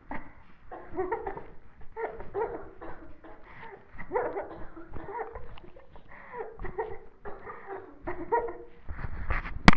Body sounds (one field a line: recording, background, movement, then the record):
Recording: laughter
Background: a bystander coughing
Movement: sitting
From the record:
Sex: female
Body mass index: 18.8 kg/m2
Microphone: on the chest, facing the body